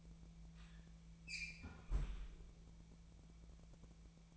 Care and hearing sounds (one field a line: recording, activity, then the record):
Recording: daily activity, microphone in the room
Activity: close fridge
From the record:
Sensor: 1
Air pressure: 1000.1 hPa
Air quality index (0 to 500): 135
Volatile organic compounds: 2 ppm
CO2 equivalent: 1273 ppm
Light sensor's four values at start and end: 36/90/38/46 and 35/89/38/46